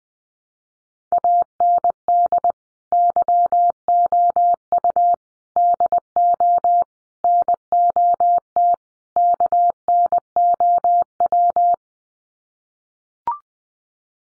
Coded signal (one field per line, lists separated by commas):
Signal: Morse code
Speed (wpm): 20 wpm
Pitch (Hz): 700 Hz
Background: none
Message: AND YOU DO NOT KNOW